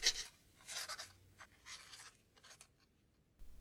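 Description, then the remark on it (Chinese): A quill pen scratches across a roll of parchment in short, irregular bursts of dry, hissy strokes with brief pauses between them, fairly soft and with no voices, as Harry Potter writes after dipping the quill in an ink bottle. “他慢慢的、小心翼翼地扭开墨水瓶盖，把羽毛笔放进去蘸了蘸，开始写了起来，并不时地停下来侧耳细听，因为如果德斯里家的谁起来上厕所时听见了他羽毛笔的沙沙声，恐怕他整个暑假都会被关在楼梯底下的储物间里了。”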